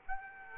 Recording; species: mosquito wingbeat signal from an infrared sensor; Aedes aegypti